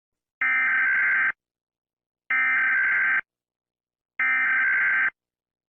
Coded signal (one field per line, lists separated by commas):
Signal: Emergency Alert System (SAME) tones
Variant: header bursts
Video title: canada eas scenario 1993 (mock)